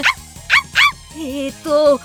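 A puppy gives three quick, high-pitched yips in a row, followed by two longer, whining whimpers that rise and fall in pitch.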